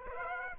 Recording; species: mosquito wingbeat signal from an infrared sensor; Aedes aegypti